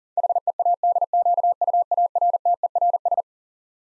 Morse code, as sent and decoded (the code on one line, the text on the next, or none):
.... . .- -.. --.- ..- .- .-. - . .-. ...
HEADQUARTERS